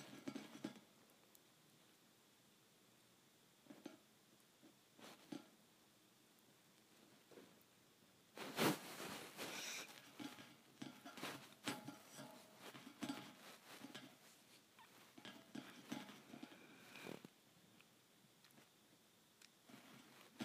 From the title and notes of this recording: ASMR Metal Bars Tapping on Metal.